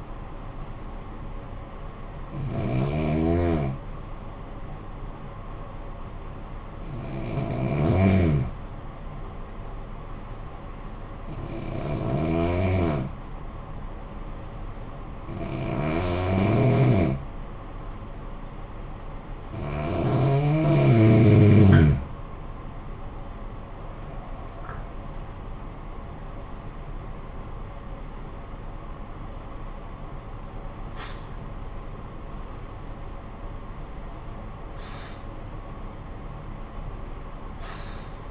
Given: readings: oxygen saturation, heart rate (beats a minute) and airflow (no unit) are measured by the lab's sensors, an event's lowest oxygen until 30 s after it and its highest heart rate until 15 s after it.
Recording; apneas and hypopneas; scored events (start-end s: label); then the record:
breathing in sleep by a smartphone at the bedside; 1
3.00-21.30 s: hypopnea (N1, oxygen 95% highest, then 88% lowest, heart rate 52 at the start, 71 highest)
From the record:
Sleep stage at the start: N1 (lightest sleep); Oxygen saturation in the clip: 86 to 95%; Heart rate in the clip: 50 to 71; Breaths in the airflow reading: 9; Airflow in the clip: -11.5 to 14.3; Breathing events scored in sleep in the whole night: 445 in 7.6 hours asleep